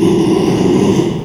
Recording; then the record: squeal of a Yucatan mini pig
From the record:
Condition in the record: after surgery on the right vocal fold (resection and tissue-engineered implant); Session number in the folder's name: 1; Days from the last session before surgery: 6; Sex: male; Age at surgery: 12 weeks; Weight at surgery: 13 kg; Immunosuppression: cyclosporine, prednisolone